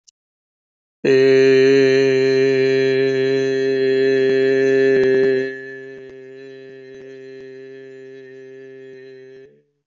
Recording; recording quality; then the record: sustained vowel as in made; excellent, no background noise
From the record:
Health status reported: healthy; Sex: male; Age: 49 years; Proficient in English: yes